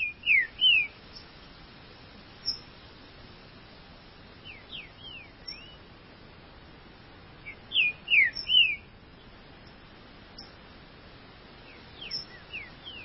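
Green-winged saltator repeating a phrase of several falling whistles about every four seconds, some phrases louder than others.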